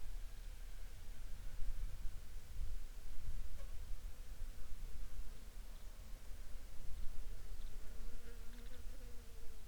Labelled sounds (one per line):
bird
insects